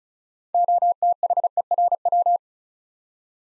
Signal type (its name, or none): Morse code